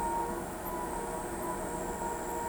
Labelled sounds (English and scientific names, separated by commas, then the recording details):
none
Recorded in pastures near Pivijay, Magdalena, Colombia, on 13 April 2023 at 18:30
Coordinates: 10.456, -74.369
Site P6-G026